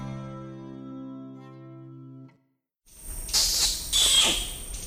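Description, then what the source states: Orangutan kiss squeaks, sharp breathy high-pitched smacks in a short burst in the second half, after a steady low humming drone that cuts off into silence. Communicative kiss squeaks made with lips and tongue controlling airflow, like human consonants; nearly 5,000 squeaks analysed from 48 individual orangutans.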